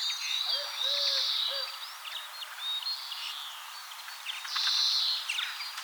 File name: Chloris chloris